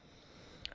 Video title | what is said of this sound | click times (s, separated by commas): Pearl Choker with Dangles using Ggc's Treasure Bag- Festive Collection | make sure it's completely closed you should hear that click sound | 0.7 s